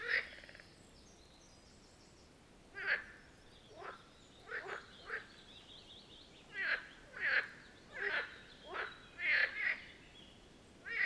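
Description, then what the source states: Marsh frogs croaking in a loose chorus, short rasping bursts overlapping and clustered more densely in the second half. Chorus of marsh frogs at the Birkensee, Schönbuch, Germany, on one of the first proper hot summer days of 2023.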